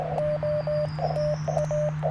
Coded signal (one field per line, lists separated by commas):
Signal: Morse code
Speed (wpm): 19 wpm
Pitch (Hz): 600 Hz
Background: radio noise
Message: OTA